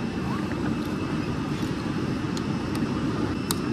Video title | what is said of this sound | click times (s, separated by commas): JADI DRIVER FORKLIFT "MAGANG"!! | itu ada bunyi klik kita | 3.5 s